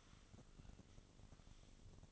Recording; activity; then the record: daily activity, microphone in the room; sweep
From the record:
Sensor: 4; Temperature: 27.1 degrees Celsius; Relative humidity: 35.2%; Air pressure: 1003.9 hPa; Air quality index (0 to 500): 149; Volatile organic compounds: 2 ppm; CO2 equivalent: 1064 ppm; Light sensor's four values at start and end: 18/42/17/19 and 18/42/17/19